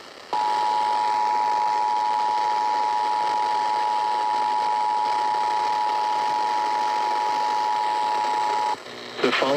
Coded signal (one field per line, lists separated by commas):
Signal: Emergency Alert System (SAME) tones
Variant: 853 and 960 Hz attention tone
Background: speech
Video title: EAS #3012 Flash Flood Warning on WZOK